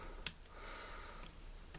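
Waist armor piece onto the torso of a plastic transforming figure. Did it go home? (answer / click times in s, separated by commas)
partly / 0.3 s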